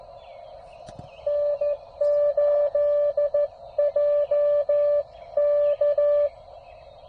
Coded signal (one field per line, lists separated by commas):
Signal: Morse code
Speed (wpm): 13 wpm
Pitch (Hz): 580 Hz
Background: none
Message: N8JK